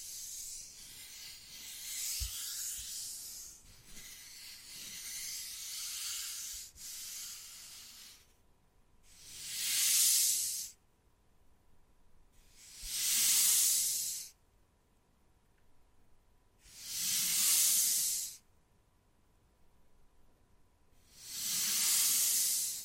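Wood carving with steady scratching and a few light taps, then four loud, hissing scraping strokes of about two seconds each, evenly spaced.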